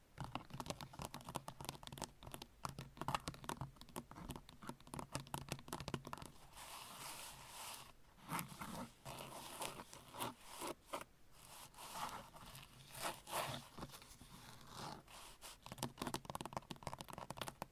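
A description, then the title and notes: Long nails scratch and tap, a dense run of quick, dry strokes and clicks. After about six seconds the scratching turns softer and smoother, broken by brief pauses near eight and eleven seconds. ASMR Sleep Triggers - Brain Melting Scratching , Tapping , Massage Long Nails No Talking.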